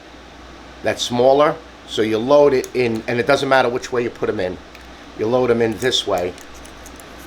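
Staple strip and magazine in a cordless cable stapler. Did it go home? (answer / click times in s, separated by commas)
no / none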